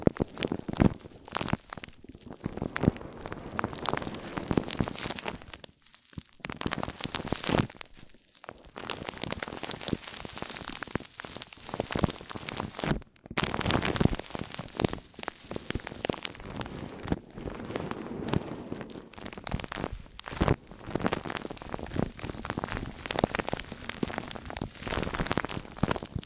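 Mic-on-mic ASMR triggers: dense, crackling scratches and rubbing that run almost continuously, sounding a little like rain or a fire. Short gaps of near silence break the texture around 6, 8 and 13 seconds before the scratching resumes.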